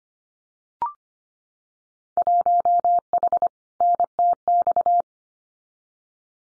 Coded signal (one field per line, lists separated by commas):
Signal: Morse code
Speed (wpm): 25 wpm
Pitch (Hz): 700 Hz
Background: none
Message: 1H NTX